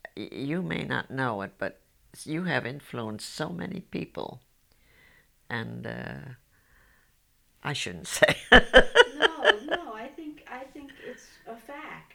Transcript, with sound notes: you may not know it, but you have influenced so many people." And, I shouldn't say. ( she laughs )
No. I think, I think it's a fact.